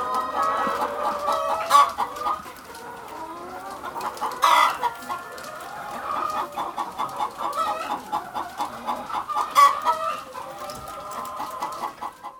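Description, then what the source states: Chickens clucking and cackling in a busy flock, many overlapping calls with occasional louder squawks. Recorded in a henhouse.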